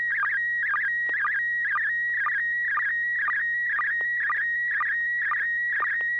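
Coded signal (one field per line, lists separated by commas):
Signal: SSTV (slow-scan television)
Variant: PD mode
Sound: steady high whistle broken by rapid warbling chirps about twice a second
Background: low hum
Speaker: that this is a November 6 hotel Alpha and this will be a pd20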